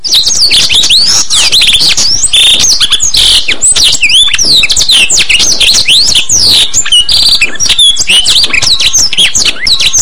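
Blackthroat song: a dense, rapid warble of high whistled slurs and sweeps, with scratchy buzzy notes mixed in, running continuously for the full ten seconds.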